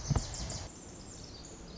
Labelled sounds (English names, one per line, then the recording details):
Pacific Wren
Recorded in Sonoma County, California